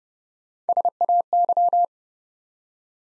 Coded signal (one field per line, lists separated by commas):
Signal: Morse code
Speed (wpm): 30 wpm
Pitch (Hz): 700 Hz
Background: none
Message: SAY